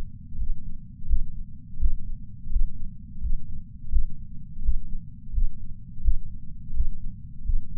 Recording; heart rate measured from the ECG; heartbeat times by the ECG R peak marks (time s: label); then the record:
heart sounds by patch sensor on the chest; 85 bpm
0.38 s: heartbeat
1.07 s: heartbeat
1.79 s: heartbeat
2.50 s: heartbeat
3.21 s: heartbeat
3.90 s: heartbeat
4.62 s: heartbeat
5.33 s: heartbeat
6.02 s: heartbeat
6.73 s: heartbeat
7.44 s: heartbeat
From the record:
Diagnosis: coronary artery disease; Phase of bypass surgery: postoperative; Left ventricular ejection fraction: 53.3%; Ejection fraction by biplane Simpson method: 55.1%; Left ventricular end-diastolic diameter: 44 mm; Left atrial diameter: 43 mm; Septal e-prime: 6 cm/s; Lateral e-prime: 8.6 cm/s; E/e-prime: 11.9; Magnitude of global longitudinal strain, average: 15.4%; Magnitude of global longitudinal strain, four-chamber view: 16.2%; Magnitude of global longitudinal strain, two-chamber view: 15.5%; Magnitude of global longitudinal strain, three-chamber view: 14.5%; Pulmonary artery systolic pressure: 30 mmHg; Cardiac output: 3.65 L/min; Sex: male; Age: 64 years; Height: 175 cm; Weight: 85 kg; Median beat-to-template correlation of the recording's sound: 0.88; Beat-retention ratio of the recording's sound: 1.00